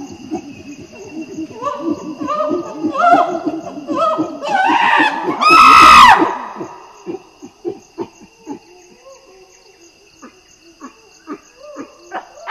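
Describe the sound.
Common chimpanzee pant-hoot: a rapid series of breathy hoots builds into loud, high screaming calls, then settles into quieter panting grunts, with steady insect buzzing behind.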